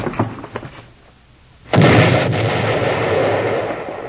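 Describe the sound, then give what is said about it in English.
Dynamite sticks with a short fuse explode: a sudden loud boom bursts in after a few faint knocks, then a heavy rumbling roar that lingers to the end. “Dynamite sticks with a short fuse.”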